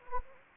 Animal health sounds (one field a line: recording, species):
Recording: mosquito wingbeat signal from an infrared sensor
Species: Anopheles gambiae